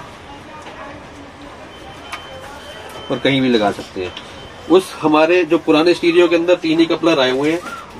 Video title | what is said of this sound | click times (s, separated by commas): Hyundai Aura and Nios Top Model Stereo in Base Model - Without Wire Cutting - Coupler to Coupler | कि यह नवीहसन conditioner यहां पर click हो जाएगा | 2.1 s